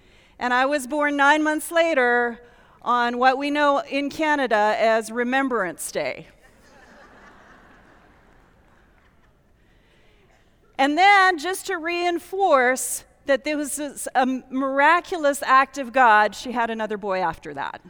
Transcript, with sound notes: and I was born nine months later on what we know in Canada as Remembrance Day. (laughter) And then, just to reinforce that there was this miraculous act of God, she had another boy after that.